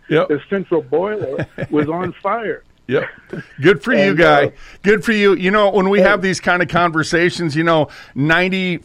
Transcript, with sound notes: The central boiler was on fire.
(laughs) Yep. Good for you, guy.
And so-
Good for you. You know, when we have these kind of conversations, you know,